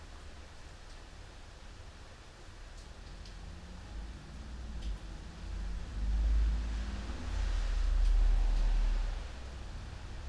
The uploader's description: Sound of rain recorded at home